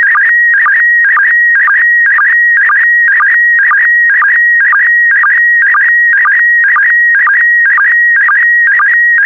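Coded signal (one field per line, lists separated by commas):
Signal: SSTV (slow-scan television)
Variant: PD120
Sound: steady whistle-like tone broken twice a second by warbling chirps and low sync blips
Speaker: complete. You can now check your decoded image against the picture that is shown on the video.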